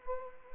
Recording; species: mosquito wingbeat signal from an infrared sensor; Anopheles gambiae